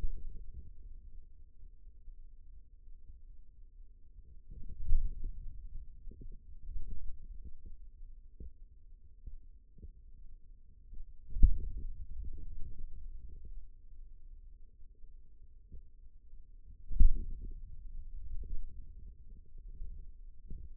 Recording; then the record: forearm muscle sounds (acoustic myography)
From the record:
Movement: pen grasping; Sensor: system 2, bracelet of six BSWA MPA416 microphones around the upper forearm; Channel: 3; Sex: male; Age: 22 years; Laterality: right